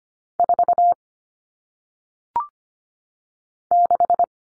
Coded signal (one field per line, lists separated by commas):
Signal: Morse code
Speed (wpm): 25 wpm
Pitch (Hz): 700 Hz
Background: none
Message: 4 6